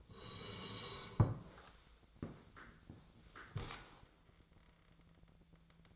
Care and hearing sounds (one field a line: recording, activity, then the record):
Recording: daily activity, microphone in the room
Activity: sit down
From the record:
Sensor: 3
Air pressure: 1000.5 hPa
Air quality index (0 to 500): 168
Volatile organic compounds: 3 ppm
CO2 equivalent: 1462 ppm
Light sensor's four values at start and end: 15/36/16/16 and 16/37/16/16